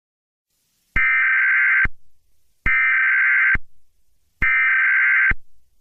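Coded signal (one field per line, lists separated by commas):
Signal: Emergency Alert System (SAME) tones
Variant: header bursts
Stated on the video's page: Fictional Emergency Alert System scenario set in Wyoming, part of a simulated series.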